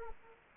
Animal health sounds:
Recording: mosquito wingbeat signal from an infrared sensor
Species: Anopheles gambiae

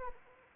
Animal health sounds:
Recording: mosquito wingbeat signal from an infrared sensor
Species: Anopheles arabiensis

